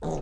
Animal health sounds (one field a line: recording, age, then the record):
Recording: pig call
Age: piglet (1 to 25 days)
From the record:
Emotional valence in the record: negative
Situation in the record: long isolation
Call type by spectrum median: low-frequency call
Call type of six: low-frequency modulated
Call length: 0.23 s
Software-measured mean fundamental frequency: 77 Hz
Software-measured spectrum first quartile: 129 Hz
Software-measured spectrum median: 352 Hz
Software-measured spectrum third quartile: 640 Hz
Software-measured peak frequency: 162 Hz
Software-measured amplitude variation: 74 dB a second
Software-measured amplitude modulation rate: 19.9 a second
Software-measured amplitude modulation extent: 3.7 dB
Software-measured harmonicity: -0.1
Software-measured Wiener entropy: -0.47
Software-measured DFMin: 1441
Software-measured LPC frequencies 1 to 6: 469, 2636, 3702, 6412, 7489, 9604 Hz